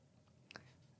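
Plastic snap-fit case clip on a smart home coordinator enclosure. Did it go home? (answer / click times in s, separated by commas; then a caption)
released / 0.5 s, 0.6 s. Something is inserted into the slot on the plastic snap-fit case clip of a smart home coordinator enclosure to release it. Two sharp clicks sound at 0.5 s and 0.6 s over a quiet background, and the clip releases.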